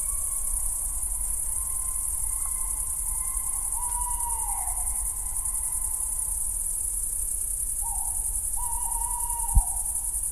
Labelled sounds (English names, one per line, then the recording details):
Tawny Owl
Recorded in the wild
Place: Niederspree, Niederspreer Teichgebiet, Sachsen, DE
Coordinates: 51.3939, 14.8722
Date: 2008-07-30 22:25
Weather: heiter, 20°C, schwacher Wind
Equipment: Fostex FR2-LE, Sennheiser ME66, Popschutz
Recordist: Frommolt, Karl-Heinz